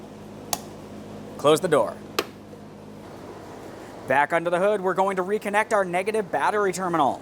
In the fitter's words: reinstall your fuel cap we'll take this and turn it clockwise until you hear a click